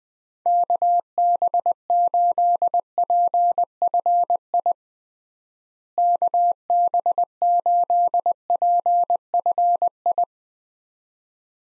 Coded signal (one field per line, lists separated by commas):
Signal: Morse code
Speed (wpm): 21 wpm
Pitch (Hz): 700 Hz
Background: none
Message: KB8PFI KB8PFI